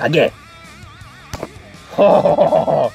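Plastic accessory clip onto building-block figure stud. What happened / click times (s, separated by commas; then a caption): A small plastic clip snapped onto its stud / 1.3 s. A plastic accessory clip is snapped onto the stud of a building-block figure a second time, giving a sharp click at 1.3 s as it seats. Someone talks before and after the click, and background music plays throughout.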